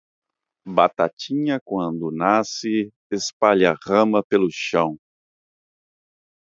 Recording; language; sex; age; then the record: short text; Brazilian Portuguese; male; 30 to 39 years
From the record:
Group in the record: control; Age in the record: 34 years